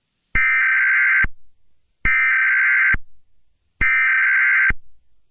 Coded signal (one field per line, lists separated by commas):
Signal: Emergency Alert System (SAME) tones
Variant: header bursts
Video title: EAS Scenario #10: Sayori's Rampage.